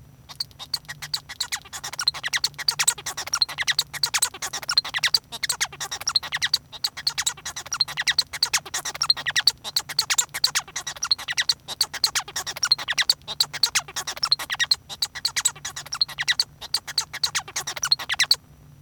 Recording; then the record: song of a male Bengalese finch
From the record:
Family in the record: son of father 1